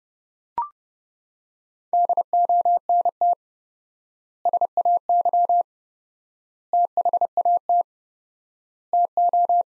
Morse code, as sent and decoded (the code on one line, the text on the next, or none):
-.. --- -. - / ... .- -.-- / - .... .- - / - ---
DONT SAY THAT TO